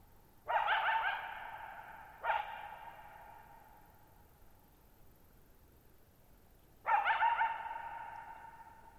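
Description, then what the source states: Coyote with three rough barks, the first two close together and the last after a pause, each leaving a lingering reverberant tail. Lone coyote vocalizing at night, July 14, 2019, shallow bowl-shaped meadow, Thirtymile Meadows, Okanogan National Forest, Okanogan High Country, Pacific Northwest, 6400 ft (1950 m), high dry plateau.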